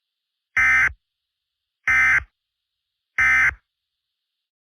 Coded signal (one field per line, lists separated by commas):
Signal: Emergency Alert System (SAME) tones